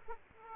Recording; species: mosquito wingbeat signal from an infrared sensor; Aedes aegypti